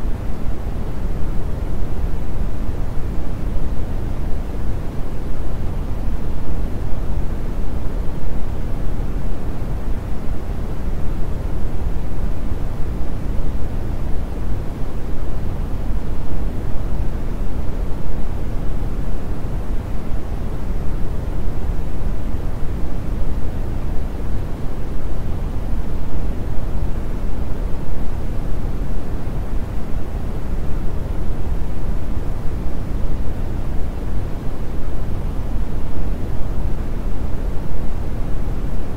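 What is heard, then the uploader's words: Brown noise plays as a deep, steady rumble for the full length, with no breaks or events. The sound is weighted heavily toward the low end, dense and even, with the upper range quite muted, like a roar that never changes. Brown Noise.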